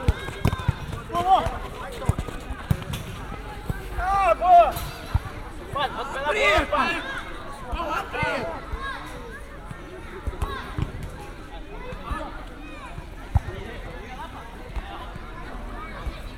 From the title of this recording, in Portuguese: Futebol na PraÃ§a